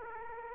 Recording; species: mosquito wingbeat signal from an infrared sensor; Aedes aegypti